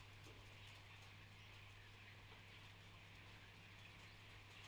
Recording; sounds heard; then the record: poultry house recording; healthy chickens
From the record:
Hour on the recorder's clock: 13